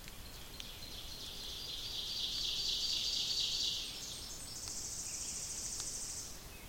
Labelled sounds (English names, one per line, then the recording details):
Ovenbird song
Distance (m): 60 m
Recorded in boreal forest in Alberta, Canada, on 28 May 2016 at 05:35
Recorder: SongMeter 3, array SBT-3-49
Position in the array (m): 109 m, 135 m
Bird 15